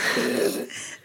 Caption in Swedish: Det är gurglande snarkandet. Precis som någon som sover. För det är samma grej egentligen. De tappar tonus bakom sig.